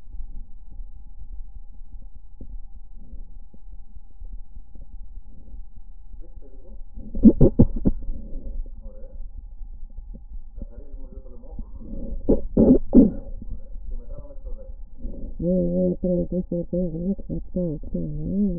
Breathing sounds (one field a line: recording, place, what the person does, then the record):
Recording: lung sounds by stethoscope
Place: left anterior apical chest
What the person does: quiet breathing, then cough and speech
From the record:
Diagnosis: interstitial lung disease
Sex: female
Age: 70 years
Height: 160 cm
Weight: 93 kg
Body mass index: 36.3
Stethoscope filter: diaphragm mode